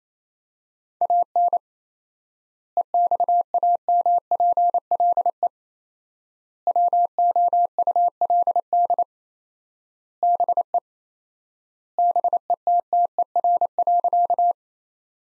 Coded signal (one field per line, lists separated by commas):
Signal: Morse code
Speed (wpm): 28 wpm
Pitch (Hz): 700 Hz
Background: none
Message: AN EXAMPLE WOULD BE BETTER.